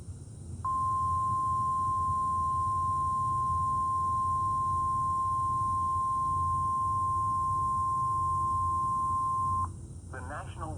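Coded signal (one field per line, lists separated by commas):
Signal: Emergency Alert System (SAME) tones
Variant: 1050 Hz attention tone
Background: speech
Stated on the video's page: Two Severe Thunderstorm Warnings received via online NOAA Weather Radio.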